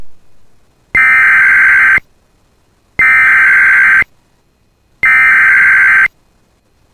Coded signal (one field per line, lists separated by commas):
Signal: Emergency Alert System (SAME) tones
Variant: header bursts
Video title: [EAS] Severe Thunderstorm Watch for Local Bemidji Area 9/16/24